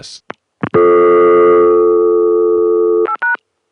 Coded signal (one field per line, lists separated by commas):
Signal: telephone call progress tone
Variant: North America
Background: speech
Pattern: dial tone